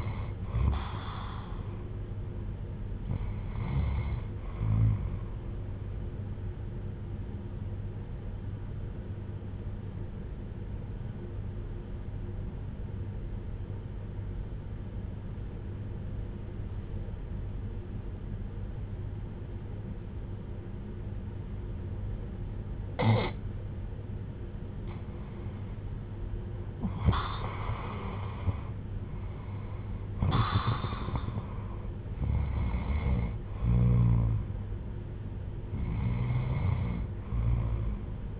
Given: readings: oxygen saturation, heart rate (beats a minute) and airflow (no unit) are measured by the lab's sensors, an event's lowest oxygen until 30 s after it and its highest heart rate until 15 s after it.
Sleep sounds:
breathing in sleep by a smartphone at the bedside; 1
6.00-28.20 s: hypopnea (REM, oxygen 97% highest, then 90% lowest, heart rate 62 at the start, 74 highest)
12.00-38.40 s: new sleep stage, N1 (lightest sleep)
From the record:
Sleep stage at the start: REM sleep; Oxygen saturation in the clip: 82 to 97%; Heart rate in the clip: 58 to 74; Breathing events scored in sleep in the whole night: 310 in 8.1 hours asleep

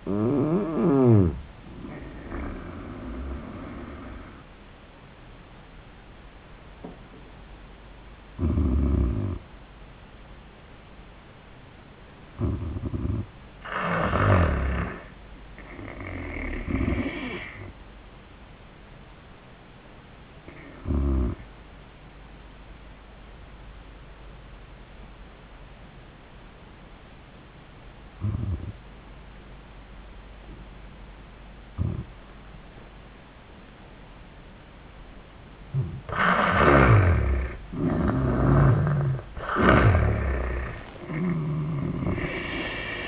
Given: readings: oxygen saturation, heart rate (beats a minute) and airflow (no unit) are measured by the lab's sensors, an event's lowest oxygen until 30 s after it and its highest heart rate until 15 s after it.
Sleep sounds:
breathing in sleep by a voice recorder at the bedside; 1
4.00-43.08 s: new sleep stage, N1 (lightest sleep)
12.00-37.00 s: hypopnea (N1, oxygen 97% highest, then 83% lowest, heart rate 83 at the start, 92 highest)
From the record:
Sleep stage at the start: N2 (light sleep); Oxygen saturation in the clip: 76 to 97%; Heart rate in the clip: 72 to 92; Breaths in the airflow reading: 7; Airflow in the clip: -14.7 to 12.8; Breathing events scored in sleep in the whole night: 400 in 8.7 hours asleep

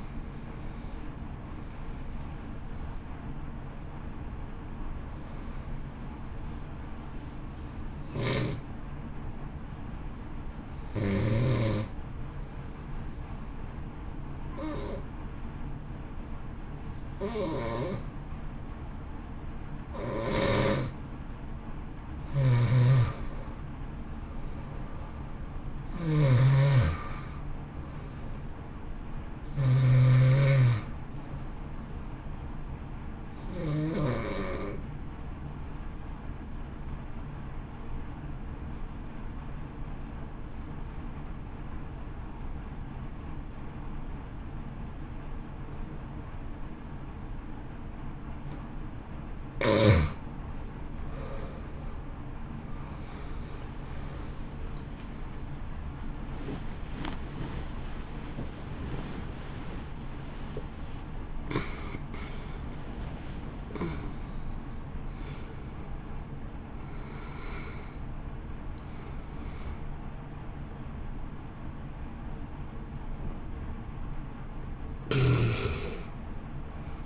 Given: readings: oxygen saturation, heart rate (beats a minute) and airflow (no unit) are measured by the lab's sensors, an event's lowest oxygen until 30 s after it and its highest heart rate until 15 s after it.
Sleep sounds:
breathing in sleep by a smartphone at the bedside; 2
6.00-23.10 s: hypopnea (N1, oxygen 93% highest, then 88% lowest, heart rate 60 at the start, 64 highest)
35.00-53.50 s: hypopnea (N1, oxygen 93% highest, then 81% lowest, heart rate 61 at the start, 75 highest)
From the record:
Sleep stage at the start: N1 (lightest sleep); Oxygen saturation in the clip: 81 to 93%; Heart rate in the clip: 53 to 75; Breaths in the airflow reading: 22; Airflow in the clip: -2.7 to 2.8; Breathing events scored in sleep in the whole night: 328 in 6.3 hours asleep

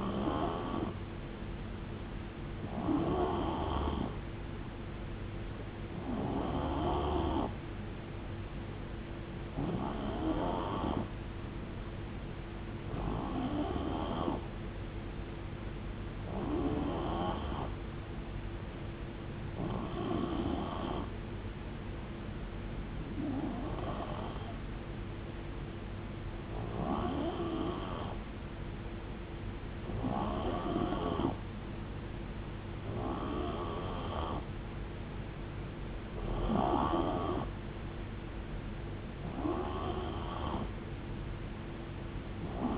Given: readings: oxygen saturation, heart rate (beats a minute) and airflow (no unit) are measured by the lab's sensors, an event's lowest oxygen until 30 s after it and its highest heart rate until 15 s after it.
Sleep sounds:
breathing in sleep by a voice recorder at the bedside; none
none scored
From the record:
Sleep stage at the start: N3 (deep sleep); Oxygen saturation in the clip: 90%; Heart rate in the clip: 63 to 76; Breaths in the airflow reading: 13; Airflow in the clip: -6.5 to 4.5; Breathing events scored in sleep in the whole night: 389 in 6.3 hours asleep

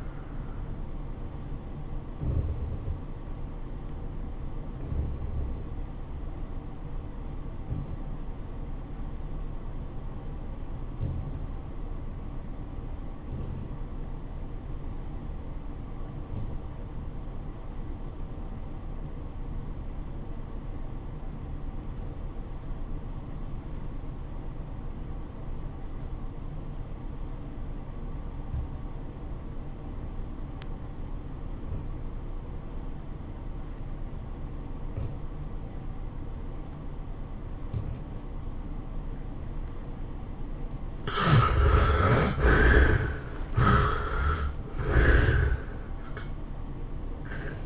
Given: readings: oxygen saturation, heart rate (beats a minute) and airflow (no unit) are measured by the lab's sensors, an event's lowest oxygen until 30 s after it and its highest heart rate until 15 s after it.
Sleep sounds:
breathing in sleep by a smartphone at the bedside; 1
4.00-41.30 s: obstructive apnea (REM, oxygen 97% highest, then 64% lowest, heart rate 101 at the start, 112 highest)
From the record:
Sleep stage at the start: REM sleep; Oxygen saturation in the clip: 71 to 97%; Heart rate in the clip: 86 to 112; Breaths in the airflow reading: 3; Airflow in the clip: -12.5 to 8.7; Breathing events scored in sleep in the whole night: 403 in 5.5 hours asleep

